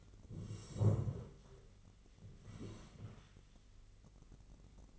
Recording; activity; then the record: daily activity, microphone in the room; sit down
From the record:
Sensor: 4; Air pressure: 1013.1 hPa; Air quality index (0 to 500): 172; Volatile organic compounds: 2 ppm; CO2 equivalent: 1089 ppm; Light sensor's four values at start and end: 50/124/52/56 and 50/124/52/56